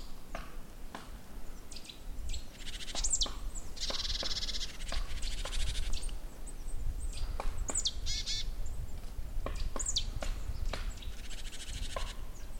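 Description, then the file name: Great tit calling: a few harsh, buzzy churring bursts and short stacked chattering notes, mixed with scattered clicks and sharp high chirps over low background rumble. "Parus major"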